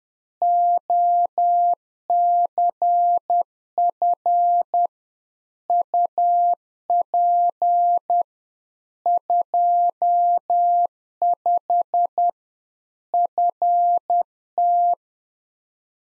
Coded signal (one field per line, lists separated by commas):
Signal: Morse code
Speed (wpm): 10 wpm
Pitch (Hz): 700 Hz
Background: none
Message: OCF UP 25 FT